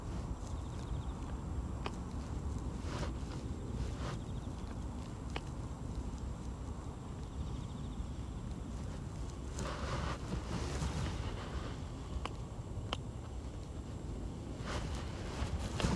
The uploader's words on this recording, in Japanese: ガサガサ音あり 人参除草／夕暮れ。片手にハサミを持ちながら、草を抜きつつ、大きいものはチョンチョン切っていきます。蚊が集まってきて、服の上からでも強烈に刺してきます。秋虫も大合唱。